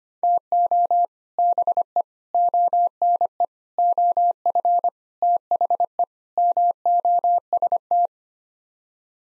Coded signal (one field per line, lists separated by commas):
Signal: Morse code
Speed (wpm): 25 wpm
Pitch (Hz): 700 Hz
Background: none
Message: TO BE ONE OF THE MOST